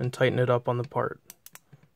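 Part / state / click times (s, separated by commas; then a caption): ratchet thimble of a micrometer closing on a measured part / torque reached / 1.5 s. Someone talks while a part sits between the anvil and spindle of a steel micrometer and the ratchet thimble is slowly turned to close on it. The ratchet's internal dog clutch slips with clicks at 1.5 and 1.6 seconds, showing the set measuring force has been reached.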